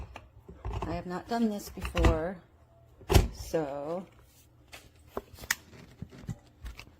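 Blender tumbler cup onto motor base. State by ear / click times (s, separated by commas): seated / 5.5 s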